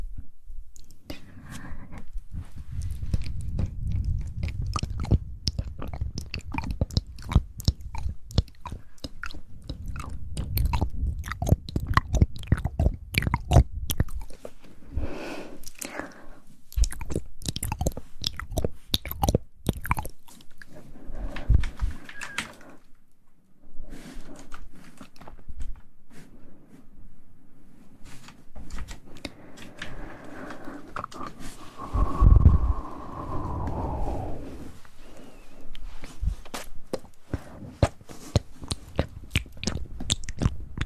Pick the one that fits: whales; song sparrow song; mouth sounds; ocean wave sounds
mouth sounds